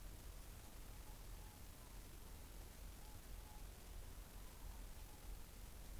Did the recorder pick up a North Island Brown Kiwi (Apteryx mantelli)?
no